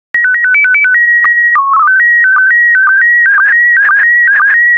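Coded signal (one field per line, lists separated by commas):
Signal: SSTV (slow-scan television)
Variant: PD 120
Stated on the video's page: PD120-mode SSTV images generated as practice decoding material, with stock photos and synthetic audio prompts.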